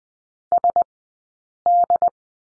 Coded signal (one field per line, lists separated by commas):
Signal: Morse code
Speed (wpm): 20 wpm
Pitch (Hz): 700 Hz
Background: none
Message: SD